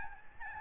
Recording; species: mosquito wingbeat signal from an infrared sensor; Aedes albopictus